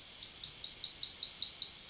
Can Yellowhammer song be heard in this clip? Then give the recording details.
yes. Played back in forest. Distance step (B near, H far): B. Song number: 055